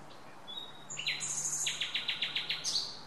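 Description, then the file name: Common nightingale song beginning with a thin whistle, then a quick string of many repeated, evenly spaced chattering notes. "Luscinia megarhynchos"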